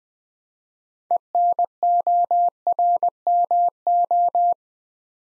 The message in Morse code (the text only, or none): ENORMO